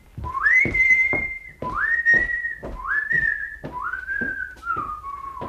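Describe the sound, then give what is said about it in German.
A man, the character Herr Biedermann, whistles a slow melody from the opera Der Rosenkavalier on a bright morning, in four long, sustained phrases, each rising and then holding a clear mid-high tone, with short breaths between them and no talking. “Ich bitte den Hörer dieses Pfeifen unseres Herrn Biedermann aus dem Rosenkavalier, wenn ich nicht irre, in keiner Weise zu missdeuten.”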